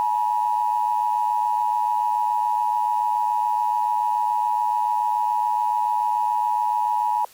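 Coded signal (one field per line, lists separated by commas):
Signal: Emergency Alert System (SAME) tones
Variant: 853 and 960 Hz attention tone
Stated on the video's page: Fictional EAS scenario.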